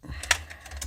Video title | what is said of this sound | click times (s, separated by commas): Decepticon Brawl - Magic Square Masterpiece Scale MS-03 Heavy Gunner Review with Transformation! | it certainly clicks into place | 0.3 s